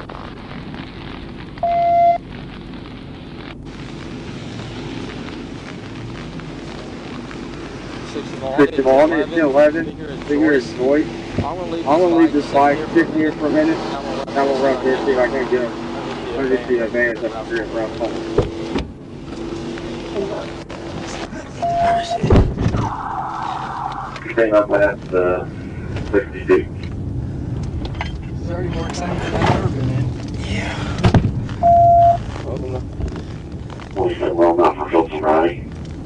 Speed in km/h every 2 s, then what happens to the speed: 0, 0, 0, 0, 0, 0, 0, 0, 0, 0, 0, 10, 15, 18, 23, 13, 13, 8.
0-21 standing. 21-26 pulls away to 18. 29-34 slows to 8.